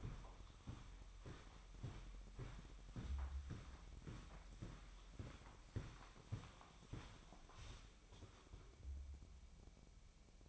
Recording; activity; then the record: daily activity, microphone in the room; walk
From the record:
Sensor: 1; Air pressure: 1009.3 hPa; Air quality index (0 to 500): 187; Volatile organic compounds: 4 ppm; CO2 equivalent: 1581 ppm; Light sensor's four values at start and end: 51/134/55/67 and 50/135/55/67